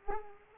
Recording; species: mosquito wingbeat signal from an infrared sensor; Culex pipiens